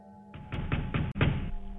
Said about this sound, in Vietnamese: Cánh cửa lúc này bị nó đập dồn dập. Tiếng đập cửa cứ thùng thùng vang lên.